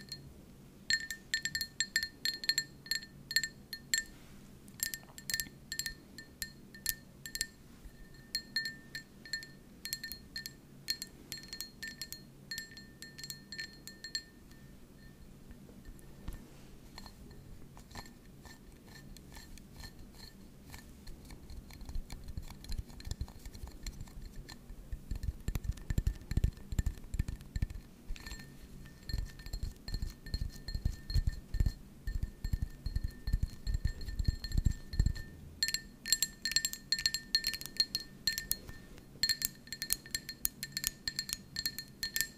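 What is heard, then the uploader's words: Tapping ASMR of bright, glassy clinks that ring with a short, steady tone, coming in quick irregular bursts through the first fifteen seconds and again after thirty-five. In between, after a quieter stretch, comes a run of rapid, dull, low tapping that grows louder and denser. Tapping ASMR.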